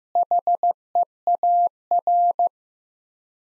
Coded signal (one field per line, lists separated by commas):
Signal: Morse code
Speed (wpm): 15 wpm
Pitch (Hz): 700 Hz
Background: none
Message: HEAR